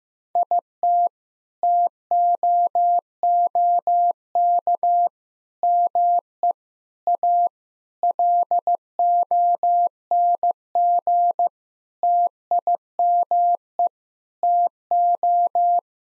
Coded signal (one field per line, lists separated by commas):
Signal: Morse code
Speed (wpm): 15 wpm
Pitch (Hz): 700 Hz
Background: none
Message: IT TOOK ME A LONG TIME TO